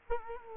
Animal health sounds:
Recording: mosquito wingbeat signal from an infrared sensor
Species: Culex quinquefasciatus

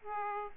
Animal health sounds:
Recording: mosquito wingbeat signal from an infrared sensor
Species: Aedes aegypti

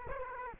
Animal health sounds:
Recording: mosquito wingbeat signal from an infrared sensor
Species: Culex quinquefasciatus

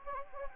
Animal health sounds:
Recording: mosquito wingbeat signal from an infrared sensor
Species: Anopheles gambiae

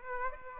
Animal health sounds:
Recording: mosquito wingbeat signal from an infrared sensor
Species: Aedes aegypti

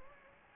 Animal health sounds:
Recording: mosquito wingbeat signal from an infrared sensor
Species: Anopheles gambiae

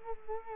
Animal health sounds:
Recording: mosquito wingbeat signal from an infrared sensor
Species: Culex quinquefasciatus

